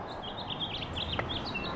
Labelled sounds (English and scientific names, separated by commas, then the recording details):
House Finch (Haemorhous mexicanus) song
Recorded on Long Island, New York, on 17 May 2012
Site AB
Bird B